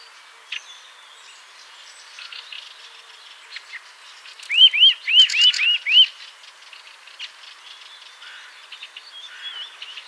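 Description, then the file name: Eurasian nuthatch giving a quick series of five clear, arched whistled notes, about four per second, amid softer chirps and calls of other birds. "Sitta europaea"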